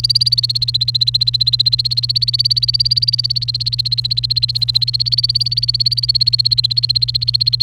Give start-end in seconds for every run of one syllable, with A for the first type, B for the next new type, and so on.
0.04-7.62 A